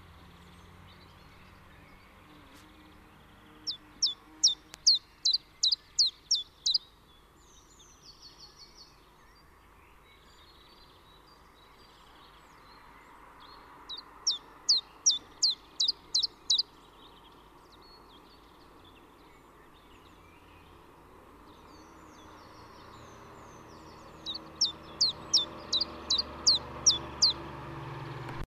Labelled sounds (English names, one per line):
Common Chiffchaff song